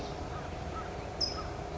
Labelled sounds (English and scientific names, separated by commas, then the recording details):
California Towhee (Melozone crissalis)
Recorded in Sonoma County, California